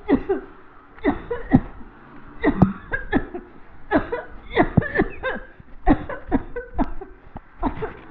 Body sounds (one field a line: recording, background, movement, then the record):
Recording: voluntary coughing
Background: traffic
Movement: walking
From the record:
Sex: female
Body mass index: 21.8 kg/m2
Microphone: on the chest, facing the body